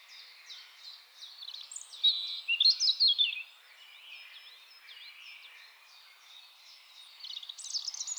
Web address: SETE Erithacus rubecula